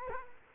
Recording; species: mosquito wingbeat signal from an infrared sensor; Culex quinquefasciatus